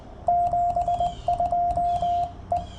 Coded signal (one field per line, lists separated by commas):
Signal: Morse code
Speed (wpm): 21 wpm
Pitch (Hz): 690 Hz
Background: radio noise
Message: 72 E